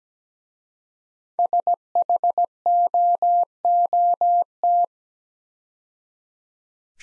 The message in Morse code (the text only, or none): SHOOT